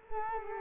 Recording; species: mosquito wingbeat signal from an infrared sensor; Culex quinquefasciatus